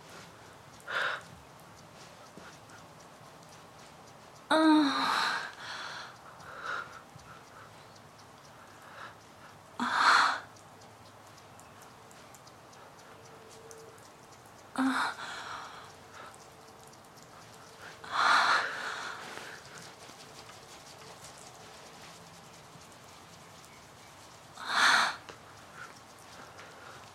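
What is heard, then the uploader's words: Deep breaths and low moans come in separate bursts, roughly every five seconds, each a short airy swell that rises and fades. Some carry a faint voiced tone beneath the breath. Between them a quiet, steady hiss fills the gaps. These lovers indulge in some valuable couple’s communication; conversing through the closeness of their bodies and the language of deep breaths and moans.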